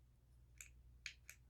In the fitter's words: can kind of click into place if you can hear that